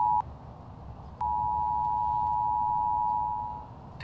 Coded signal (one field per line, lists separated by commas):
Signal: Emergency Alert System (SAME) tones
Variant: 853 and 960 Hz attention tone